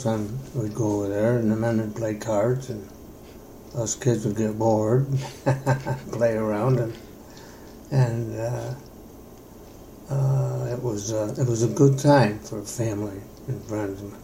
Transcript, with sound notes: We would go over there and the men would play cards, and us kids would get bored [laughs] play around and it was a good time for family and friends.